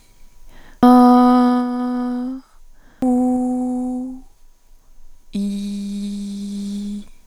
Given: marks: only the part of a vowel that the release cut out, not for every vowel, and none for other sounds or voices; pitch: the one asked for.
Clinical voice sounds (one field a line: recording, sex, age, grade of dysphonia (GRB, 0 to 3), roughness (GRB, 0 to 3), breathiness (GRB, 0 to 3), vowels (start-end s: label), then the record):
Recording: sustained vowels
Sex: female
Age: 20 to 29 years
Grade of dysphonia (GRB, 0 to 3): 1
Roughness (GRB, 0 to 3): 0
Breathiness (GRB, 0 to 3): 1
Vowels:
0.87-1.63 s: vowel /a/, high pitch
3.37-3.97 s: vowel /u/, high pitch
5.41-6.81 s: vowel /i/, low pitch
From the record:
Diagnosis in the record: healthy voice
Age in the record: 20 years